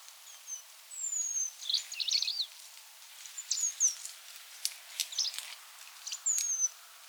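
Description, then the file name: Eurasian penduline tit calls: thin, high, drawn-out whistles that slide downward, repeated several times, mixed with short squeaky chirps and faint clicks. "buidelmees"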